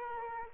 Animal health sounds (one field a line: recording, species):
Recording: mosquito wingbeat signal from an infrared sensor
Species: Aedes albopictus